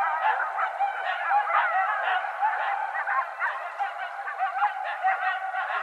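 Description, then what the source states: Coyotes in a group chorus, many overlapping yips, wavering howls and squeals crowding together without pause. Several coyotes recorded on 20 January 2012.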